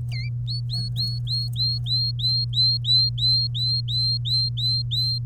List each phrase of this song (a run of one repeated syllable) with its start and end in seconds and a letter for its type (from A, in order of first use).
0.12-0.29 A, 0.48-5.26 B